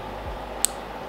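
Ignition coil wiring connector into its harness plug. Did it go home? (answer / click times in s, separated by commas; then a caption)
yes / 0.6 s. The ignition coil's electrical plug on a 2021 YZ250F is pushed into its mating plastic harness connector before the coil is bolted down. A single short, sharp click sounds at 0.6 s over a steady low background hum. The connector is seated.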